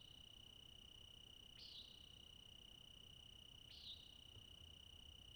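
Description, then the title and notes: Steady high-pitched cricket trill throughout, with a bird's short call heard twice over it. Crickets singing all night into morning twilight, Okanogan National Forest. "Okanagon National Forest, All-night Cricket Ending. Crickets sing throughout"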